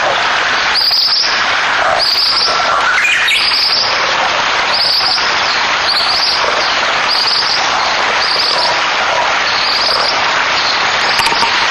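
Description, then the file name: Ashy minivet calls: high, thin, rapid trilled bursts, repeated roughly every second or so, half-buried in loud, constant rushing noise. Recorded 24 May 2009 at 05:35 in Togakushi. "サンショウクイ 0905240535 戸隠"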